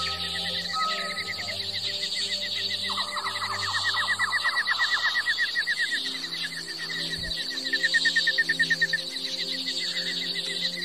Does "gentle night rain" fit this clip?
no